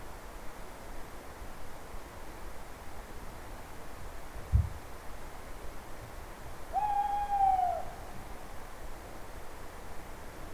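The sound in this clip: Owl giving a single drawn-out hoot lasting about a second, slightly arched in pitch, after a brief low thump, against a constant rushing background noise.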